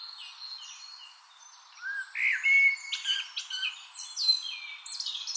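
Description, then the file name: Eurasian blackbird song: a brief low fluted warble followed by thin, high twittering notes, with other thin high notes heard throughout. "Turdus merula"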